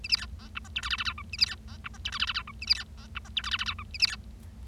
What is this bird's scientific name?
Lonchura striata domestica